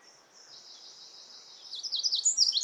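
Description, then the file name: Eurasian wren: a faint high trill grows into a clear, rapid series of sharp high notes in the last second, over light background hiss. "Troglodytes troglodytes"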